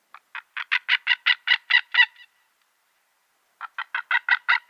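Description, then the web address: White-tailed eagle call: a rapid series of ringing yelps that builds up, then silence, then a second similar series begins. "Schulze Peter White-tailed Eagle"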